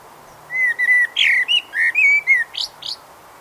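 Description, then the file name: Eurasian blackbird gives a steady string of low, flute-like whistled notes that ends in two brief high squeaks. "Turdus merula"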